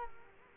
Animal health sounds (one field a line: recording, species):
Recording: mosquito wingbeat signal from an infrared sensor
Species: Culex quinquefasciatus